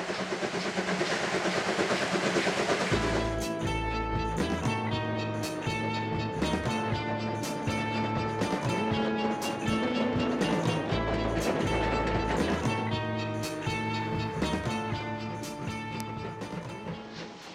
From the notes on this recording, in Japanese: 大井川鐵道・本線を走る「かわね路号」や臨時SL急行です